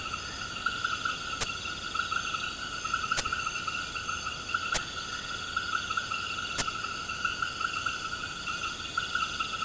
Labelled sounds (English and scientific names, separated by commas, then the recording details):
none
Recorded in pastures near Puerto Asís, Putumayo, Colombia, on 21 March 2025 at 23:00
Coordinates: 0.472, -76.329
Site G074